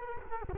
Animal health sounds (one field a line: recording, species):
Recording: mosquito wingbeat signal from an infrared sensor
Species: Culex quinquefasciatus